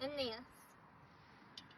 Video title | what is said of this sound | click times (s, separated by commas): How to change a jeep tire!!! | Put these together. There's a little clicker button. | 1.6 s